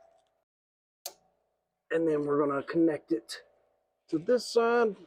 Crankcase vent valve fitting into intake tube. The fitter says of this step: and you want to hear it click